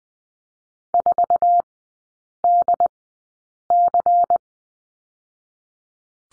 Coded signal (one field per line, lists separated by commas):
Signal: Morse code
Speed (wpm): 20 wpm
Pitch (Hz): 700 Hz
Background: none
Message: 4DC